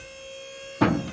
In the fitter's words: So you hear it lock.